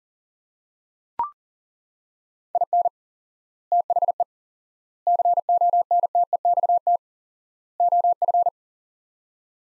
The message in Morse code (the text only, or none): IN THE CONTEXT OF